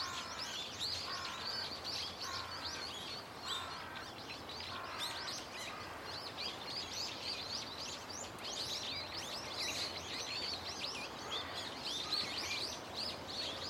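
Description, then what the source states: Birds singing in a busy chorus, high twittering mixed with a few repeated lower chirps in short bursts, all overlapping with steady background noise. Many birds calling loudly and continuously from a tetrapod breakwater belt and its trees; recorded with microphone and camera.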